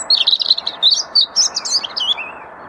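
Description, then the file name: European robin singing a fast, tinkling sequence of high varied notes, warbles and short trills that ends on a soft falling whistle, with steady background noise underneath. "Erithacus rubecula"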